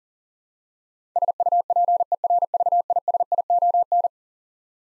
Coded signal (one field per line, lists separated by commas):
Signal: Morse code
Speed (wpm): 40 wpm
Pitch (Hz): 700 Hz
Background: none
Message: SUPERVISION